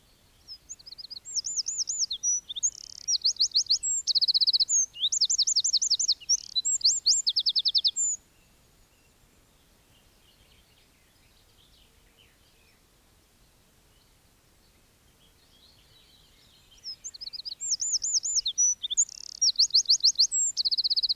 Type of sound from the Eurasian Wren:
song